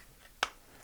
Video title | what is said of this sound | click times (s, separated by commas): A Complete Look at Smith & Wesson's Performance Center M&P 10mm M2.0 & the History of the 10mm | you get a click click | 0.4 s